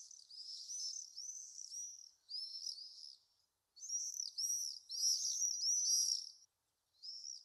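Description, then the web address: Common swift calls, piercing high screeches in overlapping ragged bursts that merge into longer screaming runs, with brief pauses. "sound Common-swift. صدای-پرنده-بادخورک-معمولی"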